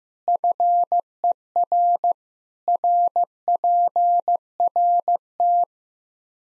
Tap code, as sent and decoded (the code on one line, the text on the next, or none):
none